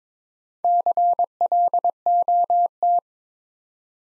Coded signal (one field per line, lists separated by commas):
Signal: Morse code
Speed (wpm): 22 wpm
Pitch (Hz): 700 Hz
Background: none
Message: CLOT